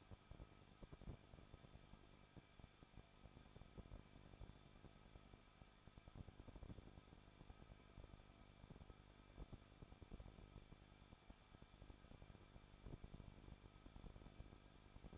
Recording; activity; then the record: daily activity, microphone in the room; no activity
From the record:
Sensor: 5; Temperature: 20.9 degrees Celsius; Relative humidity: 38.2%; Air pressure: 1006.5 hPa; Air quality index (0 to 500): 186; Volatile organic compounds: 18 ppm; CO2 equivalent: 2602 ppm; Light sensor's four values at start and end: 2/3/1/1 and 2/3/1/1